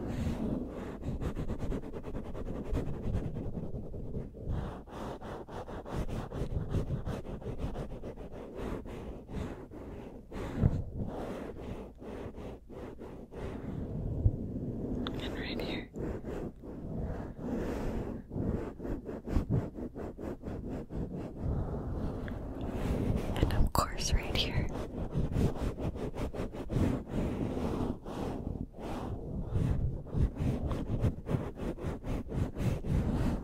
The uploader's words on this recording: MIC PUMPING & A HEAD MASSAGE. Fast, slow, aggressive, swirling, scratching.